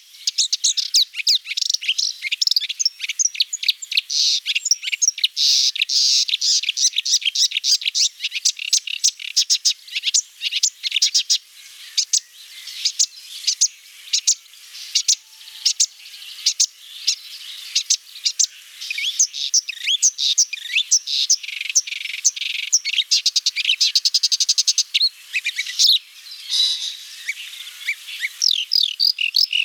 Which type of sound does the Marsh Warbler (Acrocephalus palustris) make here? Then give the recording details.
song. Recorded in the wild. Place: Waltershofen / Freiburg im Breisgau, Baden-Württemberg, DE. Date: 2006-05-06. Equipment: MiniDisc Sharp MT 20 H. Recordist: Schwarz, Dieter